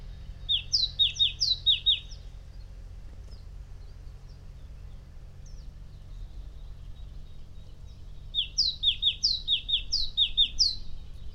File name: Great Tit Parus major